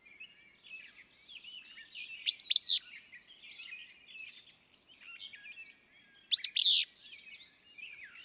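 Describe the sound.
Willow flycatcher song: two loud, sneezy, buzzy bursts about four seconds apart, over constant soft twittering and chattering of other birds.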